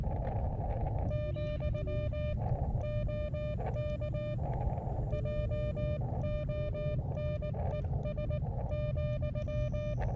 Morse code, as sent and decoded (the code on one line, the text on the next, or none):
--..-- / --- -.- / .--- --- -. . ... --..--
, OK JONES,